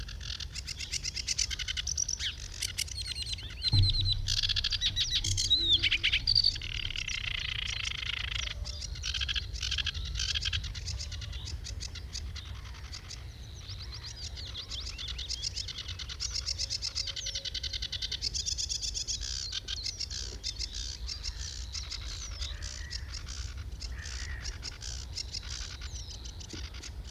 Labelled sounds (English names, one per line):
Sedge Warbler song